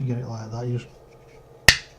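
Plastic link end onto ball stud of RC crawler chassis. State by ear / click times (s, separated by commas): seated / 1.7 s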